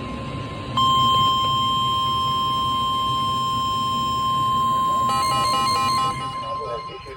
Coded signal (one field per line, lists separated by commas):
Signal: Emergency Alert System (SAME) tones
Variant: 1050 Hz attention tone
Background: speech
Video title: EAS #56 (SVR For Me)